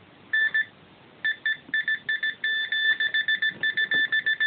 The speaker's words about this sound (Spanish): Contéstanos a través de esta máquina. Dos pitidos, ¿no? Un pitido, sí. ¿Lo has entendido? No. Tal y como has hecho ahora, un pitido, sí. Dos pitidos, no.